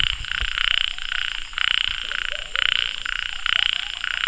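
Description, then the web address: Frog calling with a series of high, pulsed trills repeated with short gaps. "Frogs World"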